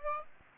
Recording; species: mosquito wingbeat signal from an infrared sensor; Aedes aegypti